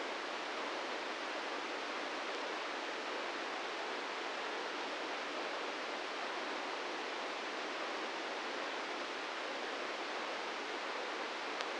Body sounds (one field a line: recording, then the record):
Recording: brain microelectrode recording played as sound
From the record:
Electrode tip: inside the subthalamic nucleus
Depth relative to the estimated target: -2 mm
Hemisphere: left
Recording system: NeuroSet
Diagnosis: Parkinson's disease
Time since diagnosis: 13 years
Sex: male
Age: 66 years